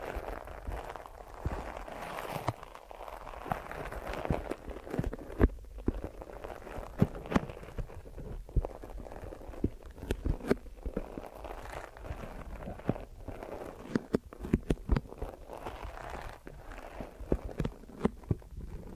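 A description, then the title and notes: Soft rubbing and brushing, a steady dense rustle centered in the low middle range. Sharp little taps and crackles break through every second or so, clustering more tightly near the end, with no voice or background sounds. ASMR Deep Ear Massage for Sleep(No Talking).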